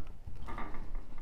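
A small plastic aperture insert is pressed into the fluorometer chamber piece of an LI-6800, a step that is easier to do before the chamber is installed. Soft scuffing and handling noises lead up to a distinct click at 0.6 s as the insert pops into place and is seated.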